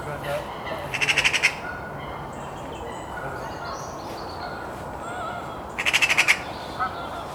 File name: Pica pica